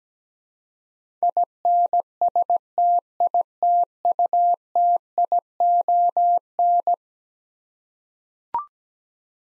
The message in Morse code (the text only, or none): INSTITUTION